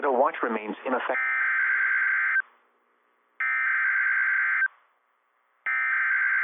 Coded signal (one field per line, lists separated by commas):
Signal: Emergency Alert System (SAME) tones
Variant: header bursts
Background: speech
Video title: Early March Captures - EAS Alerts from Early March 2026 (EAS #689 - #700)